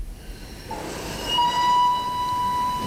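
A Vienna express train departing from a station rumbles with steady low noise, and partway through a long, level high-pitched tone rises over it, like a horn or squealing wheels, lasting to the end without any voices.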